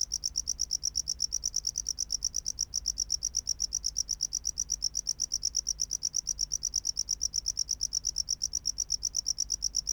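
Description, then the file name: Tropical house cricket giving a continuous run of rapid, high-pitched chirps at a regular pace over a soft background hiss. "Bio Acoustica Gryllodes sigillatus"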